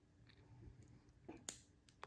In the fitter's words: and you should hear that click always attach one more jump ring for extra security